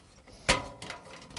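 A thin metal I/O shield is pushed into the rear opening of a PC case. It snaps in with one sharp, bright click at 0.5 s, followed by fainter metallic taps and rattles around 0.8–0.9 s and 1.4 s. The shield is seated and confirmed mounted, after some fiddling because the fit can be tricky.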